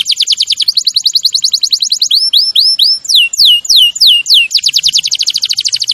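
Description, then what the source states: Canary song with quick rattling trills, several clear upslurred whistles, a run of falling swept notes and a final fast trill. Champion canary's song, used as a master recording for training other birds.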